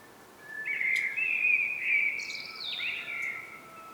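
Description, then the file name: Common blackbird giving a flowing fluted phrase that finishes with a sharp higher squeaky flourish, over light background hiss. "Turdus merula"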